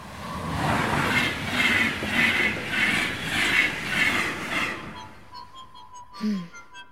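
A train rumbles along the rails with a steady, rhythmic clatter of wheels for about five seconds, then fades to a quieter hum with a brief squeal-like tone near the end.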